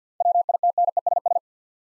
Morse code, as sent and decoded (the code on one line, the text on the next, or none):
.-- .. - -. . ... ...
WITNESS